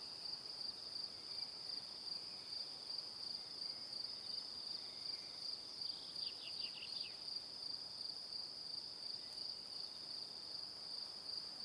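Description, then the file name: Crickets: a high pulsing chorus runs steadily, joined partway by a short cluster of quick descending chirps. Crickets chirping in the evening. "Calm - Evening Crickets"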